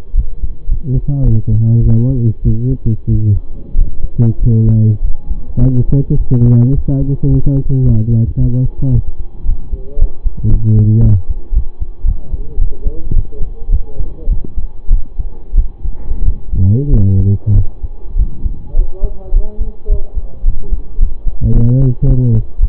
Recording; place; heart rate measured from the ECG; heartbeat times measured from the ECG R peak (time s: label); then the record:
heart sounds by stethoscope; between the tricuspid and mitral areas; 104 bpm
0.14 s: heartbeat
0.68 s: heartbeat
1.23 s: heartbeat
1.81 s: heartbeat
2.42 s: heartbeat
3.07 s: heartbeat
3.74 s: heartbeat
4.38 s: heartbeat
5.01 s: heartbeat
5.59 s: heartbeat
6.16 s: heartbeat
6.72 s: heartbeat
7.28 s: heartbeat
7.83 s: heartbeat
8.37 s: heartbeat
8.91 s: heartbeat
9.44 s: heartbeat
9.97 s: heartbeat
10.49 s: heartbeat
11.01 s: heartbeat
11.52 s: heartbeat
12.04 s: heartbeat
12.58 s: heartbeat
13.13 s: heartbeat
13.69 s: heartbeat
14.27 s: heartbeat
14.89 s: heartbeat
15.54 s: heartbeat
16.22 s: heartbeat
16.89 s: heartbeat
17.54 s: heartbeat
18.16 s: heartbeat
18.74 s: heartbeat
19.32 s: heartbeat
19.88 s: heartbeat
20.44 s: heartbeat
20.98 s: heartbeat
21.52 s: heartbeat
22.06 s: heartbeat
22.59 s: heartbeat
From the record:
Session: pedaling a stationary bicycle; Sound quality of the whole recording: saturated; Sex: male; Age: 25 years